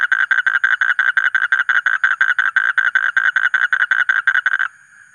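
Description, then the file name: Asian common toad call: a sustained run of rasping pulses at a steady rate, stopping abruptly near the end with only faint noise left. "suara kodok bangkong kolong kodok buduk"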